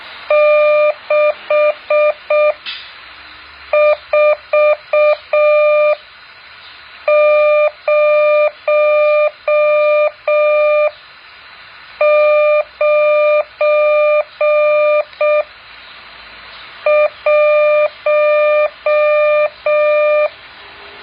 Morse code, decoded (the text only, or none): 64091